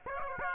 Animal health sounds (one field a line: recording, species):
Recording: mosquito wingbeat signal from an infrared sensor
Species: Aedes aegypti